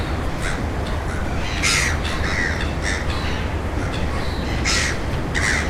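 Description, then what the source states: Gull calls, scattered harsh squawks and cries over steady low surf or wind noise. At the ocean.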